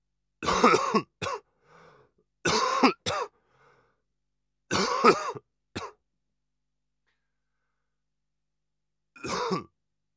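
A man coughs repeatedly, mostly in short double bursts separated by pauses.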